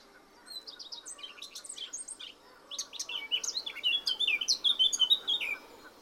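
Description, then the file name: Eurasian blackcap singing a quick jumble of scratchy chirps, then a louder, clearer fluty phrase of repeated whistled notes near the end. "Sylvia atricapilla"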